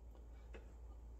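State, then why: Not seated. A rubber perimeter gasket is handled at a dishwasher door, about to be pressed into its retaining channel. A faint soft tap is heard around 0.5 s over a steady low hum. Nothing has seated or clicked yet.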